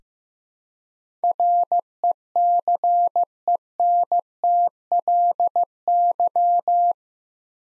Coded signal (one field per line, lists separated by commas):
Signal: Morse code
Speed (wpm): 15 wpm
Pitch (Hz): 700 Hz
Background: none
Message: RECENTLY